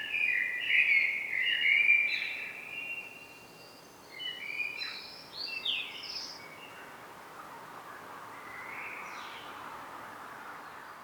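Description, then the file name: Eurasian blackbird singing: warbled phrases around the middle register, then higher twittering notes, fading into a quieter stretch with steady background hiss. "Turdus merula"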